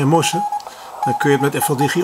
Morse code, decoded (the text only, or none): F BEE